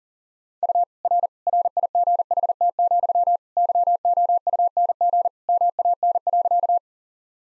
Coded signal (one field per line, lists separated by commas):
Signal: Morse code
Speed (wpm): 40 wpm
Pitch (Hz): 700 Hz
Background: none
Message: U R RIGHT, YOUNG MAN.